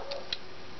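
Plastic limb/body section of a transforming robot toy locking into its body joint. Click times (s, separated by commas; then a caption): 0.3 s. A section of a plastic Jazz transforming robot toy is pulled down during transformation until it locks into its body joint. A faint tick sounds at 0.1 s, then a sharper, louder click at 0.3 s as the section seats firmly in place.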